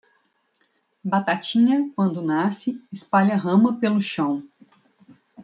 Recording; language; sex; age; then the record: short text; Brazilian Portuguese; female; 40 to 49 years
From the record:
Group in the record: control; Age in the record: 43 years